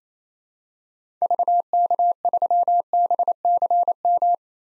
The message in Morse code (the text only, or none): VK3BCM